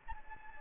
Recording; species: mosquito wingbeat signal from an infrared sensor; Anopheles gambiae